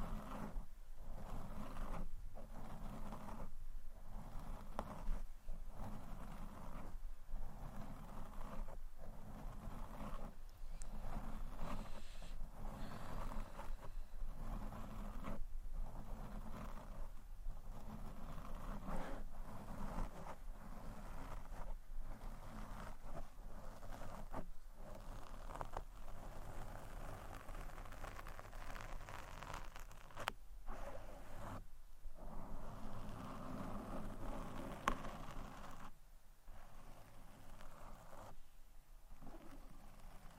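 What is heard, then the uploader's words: Scratching on a microphone, a dense, rough rasp that fills the whole range from low rumble to bright hiss. It runs in strokes broken by short silences roughly every second or two, keeping an even loudness throughout, with no voice heard. ASMR Mic Scratching (No Talking).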